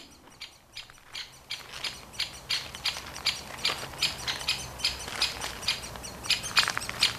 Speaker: Onnistuin äänittämään pätkän, jossa kuuluu vaimeasti käpytikan rummuttelua, aikuisen linnun varoitusääniä ja tikanpoikien konsertti.